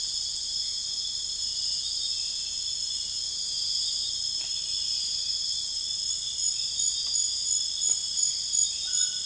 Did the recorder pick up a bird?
no